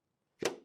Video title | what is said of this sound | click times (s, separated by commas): The Embrace Site visit at Wolfson's Childrens Hospital in Jacksonville Florida! | But then you simply bring it back into place and hear it click in. | 0.5 s